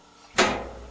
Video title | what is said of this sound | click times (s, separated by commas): Performa Dryer Making Noises - See how to fix it yourself | Lower the top panel and make sure that it snaps in place. | 0.4 s